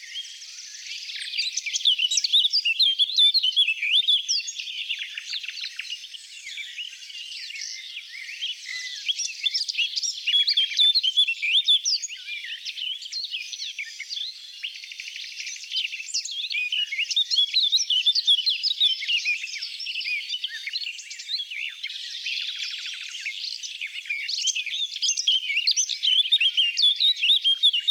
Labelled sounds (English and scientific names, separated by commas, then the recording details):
Eurasian Blackcap (Sylvia atricapilla) song
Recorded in the wild
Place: Merdingen bis Ihringen / Kaiserstuhl, Baden-Württemberg, DE
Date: 1979-06-04
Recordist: Schwarz, Dieter
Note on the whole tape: Song